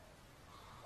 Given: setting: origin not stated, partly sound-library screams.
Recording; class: one-second piece from a danger detection set; normal situation